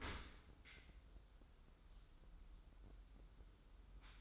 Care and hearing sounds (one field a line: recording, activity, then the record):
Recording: daily activity, microphone in the room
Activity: open dishwasher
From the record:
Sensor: 3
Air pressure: 994.4 hPa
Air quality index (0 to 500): 209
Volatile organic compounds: 1000 ppm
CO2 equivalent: 7004 ppm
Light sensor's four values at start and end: 188/453/191/189 and 188/454/191/190